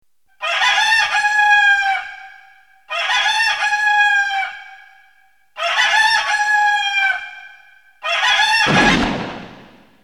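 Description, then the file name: Rooster crowing, four loud drawn-out crows about every two and a half seconds, each harsh and harmonic, the last breaking into a rough noisy ending. "Gallo"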